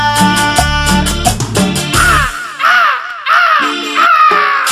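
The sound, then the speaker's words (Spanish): A brief burst of music gives way to a parrot squawking loudly, a rapid run of harsh, rising-and-falling cries repeated several times in quick succession. “Loro, vuelve a tu jaula.”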